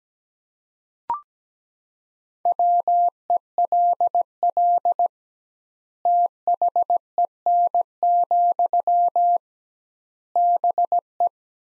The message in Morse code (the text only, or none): WELL THEN, BE